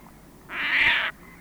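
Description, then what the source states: Caspian Tern giving a single loud, harsh, rasping call, with quiet background before and after. Sweden.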